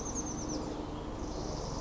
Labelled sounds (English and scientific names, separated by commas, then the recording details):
Oak Titmouse (Baeolophus inornatus)
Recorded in Sonoma County, California